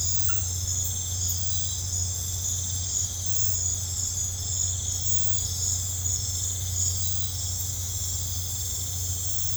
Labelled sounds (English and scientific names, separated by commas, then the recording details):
none
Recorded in pastures near Puerto Asís, Putumayo, Colombia, on 15 December 2024 at 00:30
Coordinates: 0.502, -76.324
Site G077